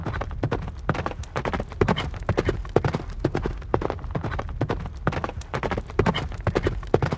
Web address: horse